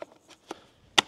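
A battery pack is pushed into the extension pole handle of an electric pruning shear. A few faint taps and a small knock at 0.5 s come before one sharp, loud click at 1.0 s as the battery seats home.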